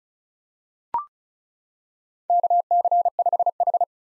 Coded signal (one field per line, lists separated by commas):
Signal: Morse code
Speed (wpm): 36 wpm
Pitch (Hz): 700 Hz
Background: none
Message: KC5H